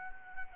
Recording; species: mosquito wingbeat signal from an infrared sensor; Anopheles arabiensis